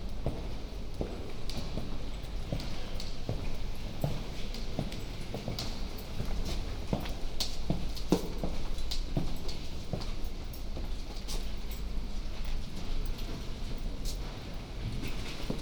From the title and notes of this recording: Walking inside University Church of St. Mary the Virgin. Down the aisle and into the Nave, back along the north corridor, and out on High Street.